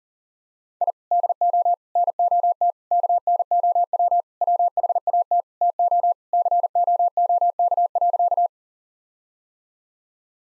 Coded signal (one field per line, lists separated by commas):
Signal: Morse code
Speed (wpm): 40 wpm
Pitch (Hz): 700 Hz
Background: none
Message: I DO NOT KNOW WHAT TO COOK.